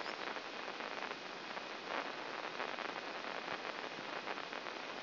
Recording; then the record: brain microelectrode recording played as sound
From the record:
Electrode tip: inside the subthalamic nucleus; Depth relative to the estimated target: 2 mm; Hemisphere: left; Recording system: AlphaMap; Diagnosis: Parkinson's disease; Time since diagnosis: 11 years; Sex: male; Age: 56 years